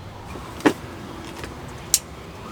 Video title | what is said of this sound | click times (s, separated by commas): The BEST & CLEANEST way to change your engine oil + CAT Fuel Filter Change | hear it click once it's good once it goes in | 1.9 s